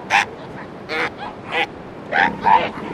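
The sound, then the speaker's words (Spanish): Newborn elephant seal pups cry out in frightened, short, shrill, yelping wails, about five bursts with gaps between, rising and falling in pitch over a steady background hiss, on a narrow beach below a cliff at Punta Hércules, Península Valdés, at high tide. “Las crías recién nacidas gritan asustadas.”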